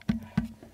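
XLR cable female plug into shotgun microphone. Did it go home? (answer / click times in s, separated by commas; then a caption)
no / none. The female end of a three-pin XLR cable is handled at the base of a shotgun microphone, ready to be pushed in until the latch engages. Two short, hollow knocks with a low ringing thump sound at about 0.1 s and 0.4 s, followed by a faint softer tap. The connector has not seated or clicked yet.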